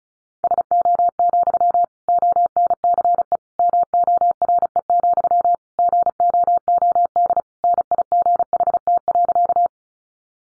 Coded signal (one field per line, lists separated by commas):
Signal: Morse code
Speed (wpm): 34 wpm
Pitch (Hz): 700 Hz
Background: none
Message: SO, ONCE MORE, GOOD NIGHT.